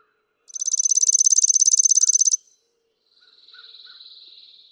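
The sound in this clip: Chipping sparrow song, a fast mechanical trill of identical dry chips for nearly two seconds, followed by a softer, lower buzzy trill.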